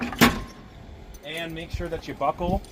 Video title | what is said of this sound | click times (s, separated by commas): "HOW TO" Operate Wheelchair Lift- Prevost H3-45 | Once it's all the way out, you're going to flip these railings up and push them down so that they lock into place. | 0.0 s